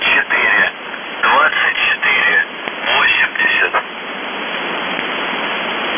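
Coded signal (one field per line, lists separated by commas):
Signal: numbers station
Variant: UVB-76 voice message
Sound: a few seconds of muffled male voice over shortwave static, then static alone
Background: radio static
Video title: The Buzzer/UVB-76(4625Khz) September 2, 2021 07:51UTC Voice message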